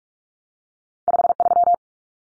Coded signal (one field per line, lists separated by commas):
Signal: Morse code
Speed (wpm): 44 wpm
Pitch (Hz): 700 Hz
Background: none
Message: 53